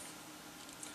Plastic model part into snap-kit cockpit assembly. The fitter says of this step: Now that doesn't snap in there very well, but I bet they all do once we get them done.